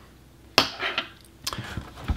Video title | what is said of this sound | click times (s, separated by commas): How to replace the power Supply in an Xbox One S - The easy way. Step by step guide for 2020 | then the RF shield can then just pop into place, and then the foam goes around the outside of that. | 0.6 s